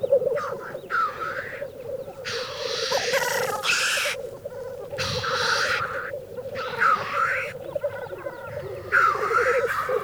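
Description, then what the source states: Black grouse: low bubbling song beneath sharp hissing sneezes in bursts, several coming close together. Field recording from Finland, released on cassette in 1988 in a countryside birds collection; Finnish name teeri.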